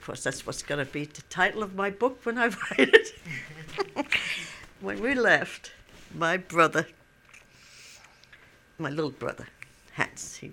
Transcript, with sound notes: Of course, that's what's going to be the title of my book when I write it. ( they laugh ) When we left, my brother, my little brother, Hans.